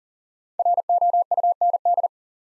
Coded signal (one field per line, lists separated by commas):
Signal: Morse code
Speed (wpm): 39 wpm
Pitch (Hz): 700 Hz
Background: none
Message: ROUND